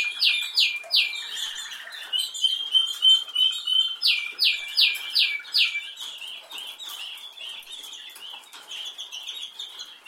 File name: Canary Sound